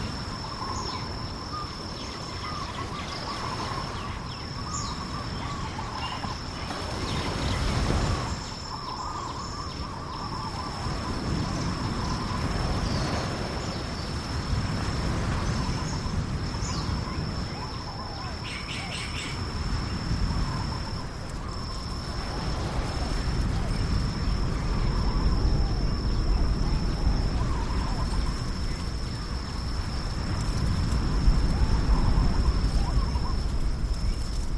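A natural soundscape with a steady high insect-like whine running unbroken throughout, over a dense low rumble that swells toward the end. A busy chirring chorus sits in the middle range, with a brief louder burst near eight seconds and short bird-like chirps around nineteen seconds.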